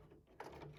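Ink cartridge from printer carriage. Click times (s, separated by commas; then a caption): 0.4 s. An ink cartridge in the carriage of an HP Envy 6120 printer is pressed down at its bottom with a finger until it releases from its latch. After a quiet, low hum, a sharp click sounds at 0.4 s as the cartridge pops out of the latch, followed by a brief scraping rustle. The cartridge is released and is then pulled out.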